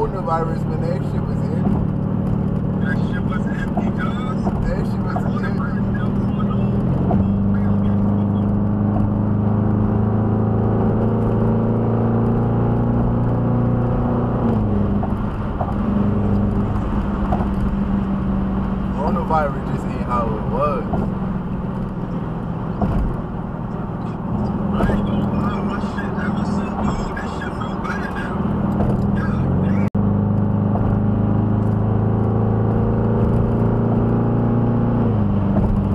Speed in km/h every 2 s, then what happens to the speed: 114, 119, 121, 126, 134, 143, 151, 156, 155, 147, 135, 126, 124, 122, 126, 134, 143, 151.
0-14 speeds up to 156. 14-23 brakes to 124. 23-28 steady at about 124. 28-36 speeds up to 151.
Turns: none.